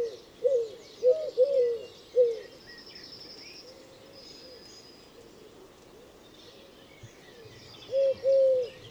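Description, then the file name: Eurasian collared dove coos, a short burst of low hollow notes, then a quiet pause with faint bird chirps, then more coos near the end. "Tourterelle turque Streptopelia decaocto Olivier Swift"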